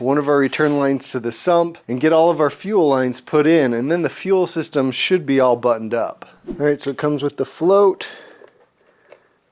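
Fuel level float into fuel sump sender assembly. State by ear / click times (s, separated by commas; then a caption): seated / 9.1 s. Someone talks for about eight seconds while installing a diesel fuel system, then the supplied plastic fuel level float is pressed into its mount on the fuel sump/sender assembly. A faint, sharp click at 9.1 s marks the float snapping into place, seated.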